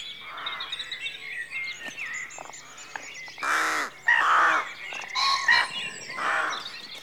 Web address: The BBC Sound Effects Library - Complete 60 CDs Collection Sound Effects Library-52 (Exterior Atmospheres-Rural Backg) Rookery Dawn